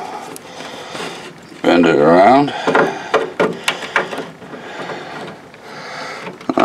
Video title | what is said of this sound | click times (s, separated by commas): How to Install a Motherboard | up your porch and then you'll hear a little click there it is it's under there | 6.5 s